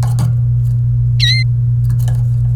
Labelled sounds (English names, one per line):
Domestic Canary song